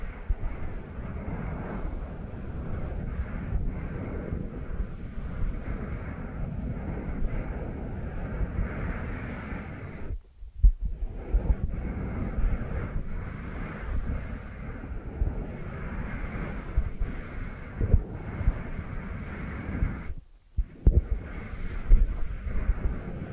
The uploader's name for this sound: Dry Dry Dry Hand Sounds